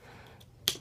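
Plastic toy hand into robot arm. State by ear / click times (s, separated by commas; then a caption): seated / 0.7 s. A plastic toy hand on a combiner robot's plastic arm is swung up until it snaps into its locked position. A faint tick comes before a sharp, bright snap at 0.7 s as the hand clicks into place.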